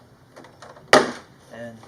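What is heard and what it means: A chisel pries the roof spoiler off a 2017 Honda Civic Hatchback Sport, and the plastic retaining tab at the rear roof releases with a loud, sharp click at 0.9 s. That one tab frees the whole spoiler, and someone talks briefly afterward.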